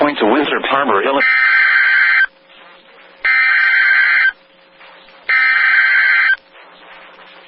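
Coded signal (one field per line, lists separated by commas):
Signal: Emergency Alert System (SAME) tones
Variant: header bursts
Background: speech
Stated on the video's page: NOAA Weather Radio EAS alerts for a Wisconsin severe storm outbreak, from stations in Minneapolis, Milwaukee and Ladysmith.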